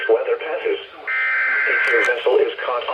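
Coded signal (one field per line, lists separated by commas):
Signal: Emergency Alert System (SAME) tones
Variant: header bursts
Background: speech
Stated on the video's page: Weather radio alerts.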